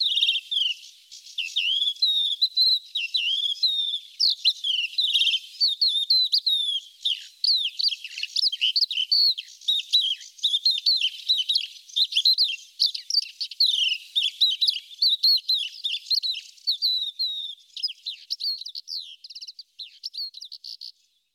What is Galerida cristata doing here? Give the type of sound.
song